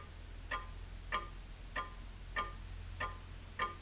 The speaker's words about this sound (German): Nein, die Uhr steht. Die Uhr steht nicht. Doch, die Uhr steht. Wenn du ganz still bist, kannst du sie ja ticken hören.